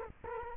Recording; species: mosquito wingbeat signal from an infrared sensor; Culex quinquefasciatus